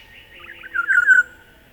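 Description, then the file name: Olive-backed oriole giving one short, mellow, rolling phrase of liquid warbled notes that ends on a steady tone. "Oriolus Sagittatus"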